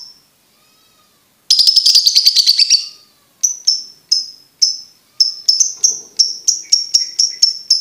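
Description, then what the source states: Lovebird opens with a dense buzzy chattering burst, then switches to evenly spaced high chirps that quicken toward the end. Master recording meant for training birds to learn ngekek.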